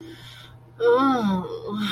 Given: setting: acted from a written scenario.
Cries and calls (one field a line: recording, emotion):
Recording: vocal sound without words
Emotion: desire